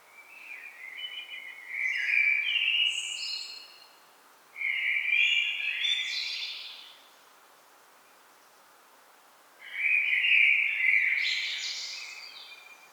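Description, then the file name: Common blackbird song: three melodious phrases of low, warbled whistles, each finished with a squeaky high flourish, separated by short silences. "Turdus merula"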